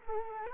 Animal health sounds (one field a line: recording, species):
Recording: mosquito wingbeat signal from an infrared sensor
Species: Culex quinquefasciatus